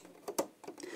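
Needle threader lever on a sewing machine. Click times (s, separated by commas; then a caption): 0.4 s. A sewing machine's side needle threader lever is pulled down and clicks into its threading position at 0.4 s, the loudest of several short ticks. Fainter clicks follow around 0.6 and 0.8 s. The lever is seated in place.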